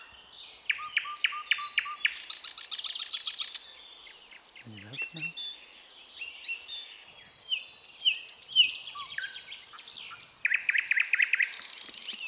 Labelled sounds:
Thrush Nightingale (Luscinia luscinia) song
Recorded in the wild
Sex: male
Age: adult
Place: Wizna, Lomzynski Park Krajobrazowy Doliny Narwi, Podlaskie Voivodeship, PL
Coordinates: 53.1863, 22.4198
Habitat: deciduous forest edge
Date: 2016-05-26 09:50
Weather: heavy cloud, light breeze
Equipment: Marantz PMD660 recorder, Sennheiser ME67 directional microphone
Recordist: Souriau, Abel

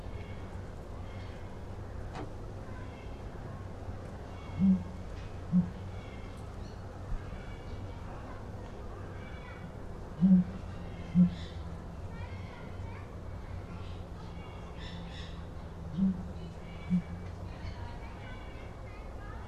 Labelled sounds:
Southern Ground Hornbill (Bucorvus leadbeateri) call
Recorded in captivity
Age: adult
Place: Zoo Berlin, Berlin, DE
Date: 1997-09-16 16:04
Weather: heiter - wolkig, ca. 23°C
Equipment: Sony MD-WM MZ-R3, Sennheiser ME 80, Kopie Uher 4000 Report Monitor
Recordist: Tembrock, Günter
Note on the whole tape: Zweisilbiger Ruf eines Tieres (Entfernung 3-10 m)

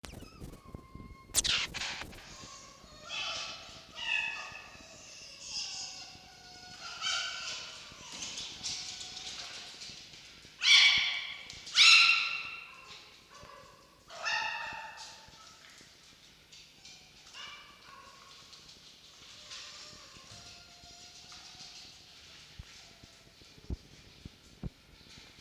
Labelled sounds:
Red Fox (Vulpes vulpes)
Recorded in captivity
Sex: pair
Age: adult
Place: Zoologisches Institut der HUB, Berlin, DE
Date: 1953-02-24 17:12
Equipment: Elmetra
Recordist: Tembrock, Günter
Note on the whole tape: Jupp (vor Fiffi liegend): Ranzwinseln (Begrüßung); Fiffi: Begrüßungswinseln - Kreischen

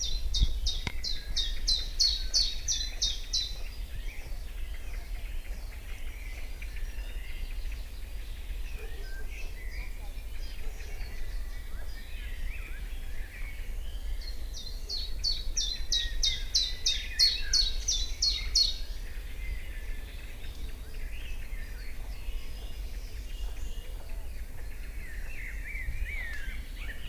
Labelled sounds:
Common Chiffchaff (Phylloscopus collybita)
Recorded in the wild
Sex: male
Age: adult
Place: Lübars (Fließtal), Berlin, DE
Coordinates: 52.6175, 13.3625
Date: 1998-06-13 19:14
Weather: fair, 15°C
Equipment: Sony MD-WM MZ-R3, Sennheiser MKH 416 T, Kopie Uher 4000 Report Monitor
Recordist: Tembrock, Günter

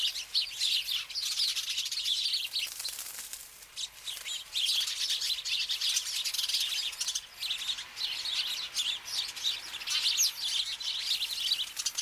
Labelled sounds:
Eurasian Tree Sparrow (Passer montanus) call
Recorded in the wild
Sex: group
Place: Stubbenfelde, Insel Usedom, Mecklenburg-Vorpommern, DE
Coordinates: 54.0319, 14.0297
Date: 1983-09-21 18:07
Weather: overcast, 14°C
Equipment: Nagra SN, Sennheiser MKH 416 T, Kopie Uher 4000 Report Monitor
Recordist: Tembrock, Günter

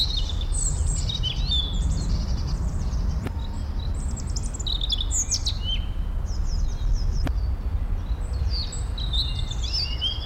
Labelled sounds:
European Robin (Erithacus rubecula)
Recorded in the wild
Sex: male
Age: adult
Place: Schloßpark Niederschönhausen, Berlin, DE
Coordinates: 52.58, 13.41
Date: 1994-04-17 11:30
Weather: heiter bis wolkig, 8 bis 10°C
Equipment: Marantz CP 430, Sennheiser ME 80, Kopie Uher Variocord 263
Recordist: Tembrock, Günter

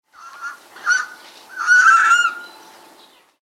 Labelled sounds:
Greater Spotted Eagle (Aquila clanga)
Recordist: Tembrock, Günter
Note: Rufe

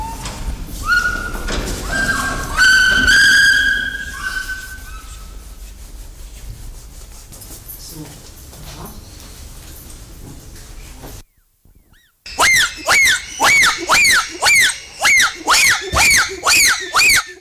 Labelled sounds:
Bonobo (Pan paniscus)
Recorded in captivity
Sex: group
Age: adult
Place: Zoo Leipzig, Sachsen, DE
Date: 1995-10-26 11:38
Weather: partly sunny, 6-10°C
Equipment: Sony WM-D6C, Sennheiser ME 80, Kopie Uher 4000 Report Monitor
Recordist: Tembrock, Günter
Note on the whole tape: 2, 1 in der Anlage, Pflegerin dabei: diverse Lautformen, erst im Innenraum (Hall und teilweise stark übersteuert!!!) später im Außengehege. Hauptszenen (Futter) subdominantes Männchen gegen dominantes Männchen (sehr laut), Zahnentblößen (längere Strecke)

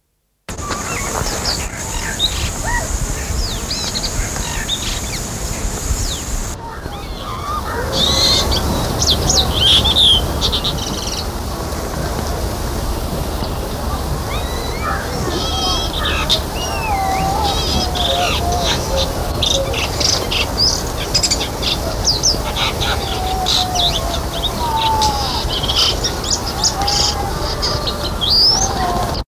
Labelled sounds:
Brahminy Starling (Sturnia pagodarum) song
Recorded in the wild
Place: Bharatpur, IN
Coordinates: 27.22, 77.5
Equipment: Halbspur, 9,5 cm/s
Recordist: Lütgens, Hans
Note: Gesang

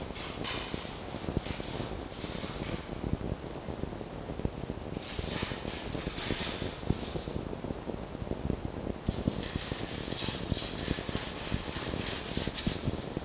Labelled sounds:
Red Fox (Vulpes vulpes)
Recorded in captivity
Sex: male
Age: juvenile
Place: Zoologisches Institut der HUB, Berlin, DE
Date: 1954-04-16 12:00
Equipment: Elmetra
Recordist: Tembrock, Günter
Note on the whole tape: Welpe "Schluck": Quärren, rhythmisches Quärren (liegt dabei auf Tisch im Mittelzimmer - ca. 10 cm vor Mikrofon; Fiffi scharrt an der ersten Tür)

